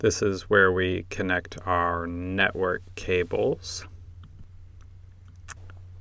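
Someone talks, then an ethernet cable plug is handled and lined up at the network input jack on a production camera input panel, making a few faint small ticks between about 4.2 and 5.7 s. The plug has not been pushed in and nothing has clicked or seated yet.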